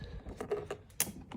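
A plastic antenna with two bottom tabs is lined up with the slots on the back of an Aokoy Toys Hummer kids' electric ride-on car and pushed down. A few soft taps and rustles come before a sharp click at 1.0 s, when the antenna seats in its slots, and one small tap follows. No one talks.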